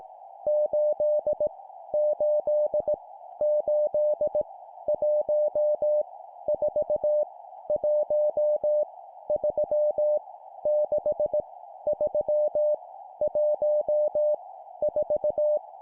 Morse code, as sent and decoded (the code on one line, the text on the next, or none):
---.. / ---.. / ---.. / .---- / ....- / .---- / ...-- / -.... / ...-- / .---- / ....-
8 8 8 1 4 1 3 6 3 1 4